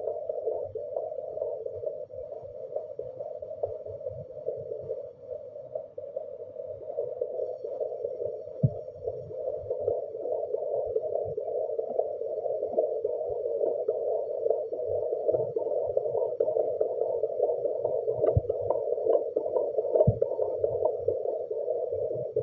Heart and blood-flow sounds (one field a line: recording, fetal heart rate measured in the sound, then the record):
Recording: fetal heartbeat by stethoscope microphone, probably a fetal Doppler's sound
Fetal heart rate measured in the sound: 141 bpm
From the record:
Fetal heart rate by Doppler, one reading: 142 bpm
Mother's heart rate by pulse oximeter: 78 bpm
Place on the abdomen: lower left side of abdomen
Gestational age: 39+ weeks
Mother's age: 23 years